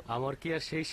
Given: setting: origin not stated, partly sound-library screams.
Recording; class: one-second piece from a danger detection set; normal situation